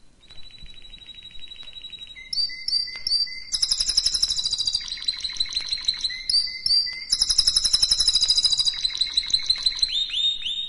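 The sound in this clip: Canary song: a steady high whistled trill, a short lower whistle, then long bursts of very fast, bright rolled trills switching pitch every second or two.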